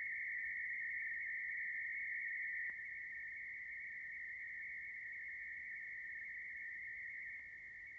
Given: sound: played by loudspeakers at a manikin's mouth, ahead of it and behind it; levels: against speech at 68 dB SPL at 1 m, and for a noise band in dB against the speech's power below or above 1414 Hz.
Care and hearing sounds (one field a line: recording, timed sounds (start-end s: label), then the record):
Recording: test signals for a remote microphone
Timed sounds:
0.00-2.70 s: noise band at 2000 Hz, +10 dB
2.70-7.40 s: noise band at 2000 Hz, +5 dB
7.40-7.99 s: noise band at 2000 Hz, 0 dB
From the record:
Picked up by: measurement microphone